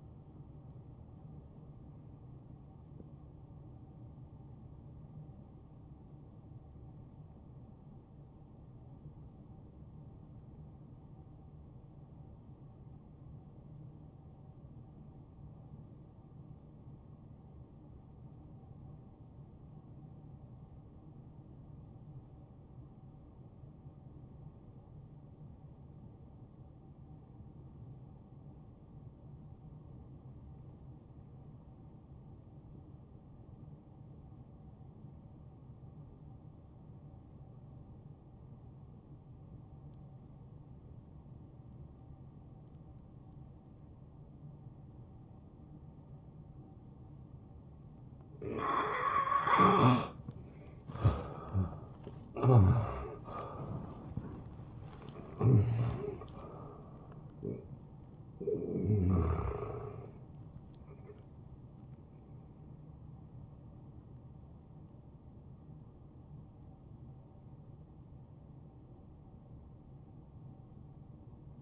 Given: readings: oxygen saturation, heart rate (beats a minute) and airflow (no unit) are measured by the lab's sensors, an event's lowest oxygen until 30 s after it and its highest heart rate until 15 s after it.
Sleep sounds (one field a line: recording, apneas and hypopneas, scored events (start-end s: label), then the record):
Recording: breathing in sleep by a smartphone at the bedside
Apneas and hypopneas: 1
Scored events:
4.00-64.00 s: new sleep stage, N2 (light sleep)
7.00-48.10 s: hypopnea (N2, oxygen 94% highest, then 82% lowest, heart rate 69 at the start, 80 highest)
64.00-71.62 s: new sleep stage, N1 (lightest sleep)
From the record:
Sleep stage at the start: N1 (lightest sleep)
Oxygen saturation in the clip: 83 to 94%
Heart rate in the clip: 59 to 80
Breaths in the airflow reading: 13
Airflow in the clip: -14.4 to 7.6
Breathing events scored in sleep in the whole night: 263 in 5.5 hours asleep